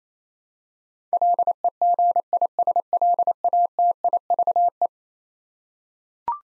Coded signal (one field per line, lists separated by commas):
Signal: Morse code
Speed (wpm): 28 wpm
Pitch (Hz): 700 Hz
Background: none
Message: LEGISLATIVE